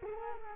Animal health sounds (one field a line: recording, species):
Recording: mosquito wingbeat signal from an infrared sensor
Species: Culex quinquefasciatus